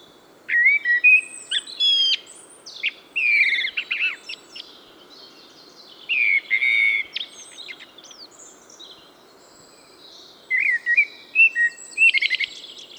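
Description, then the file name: Eurasian blackbird singing short whistled phrases, each ending in high squeaky twitters, in bursts separated by pauses of a few seconds. "Turdus merula"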